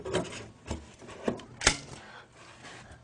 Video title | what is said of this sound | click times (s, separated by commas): Noritz Tankless Water Heater - Basic Installation Part 1 | there's no hose clamps or tabs to bend over you just insert the product in until you hear a snap and then you know it's secure | 1.7 s